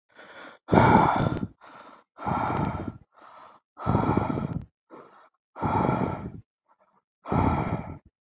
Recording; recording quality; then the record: shallow breathing; excellent, no background noise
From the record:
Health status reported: exposed to COVID-19, no respiratory illness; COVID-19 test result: negative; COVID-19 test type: RT-PCR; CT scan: taken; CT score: 5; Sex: male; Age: 36 years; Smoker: yes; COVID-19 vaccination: one dose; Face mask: not worn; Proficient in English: yes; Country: India